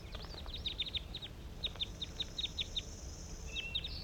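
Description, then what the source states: Crossbill calls: a quick run of crisp, clipped chips, then an evenly spaced series of single notes and a short whistled tone near the end. A faint low rumble continues. Captive crossbills calling at about 10 a.m. in response to five wild birds flying over; recorded at a hillside net site.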